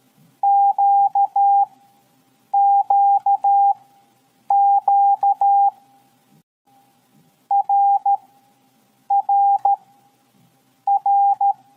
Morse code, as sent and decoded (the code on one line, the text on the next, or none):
--.- --.- --.- / .-. .-. .-.
QQQ RRR